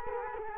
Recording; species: mosquito wingbeat signal from an infrared sensor; Culex quinquefasciatus